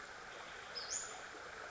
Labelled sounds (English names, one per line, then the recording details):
Western Flycatcher
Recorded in Sonoma County, California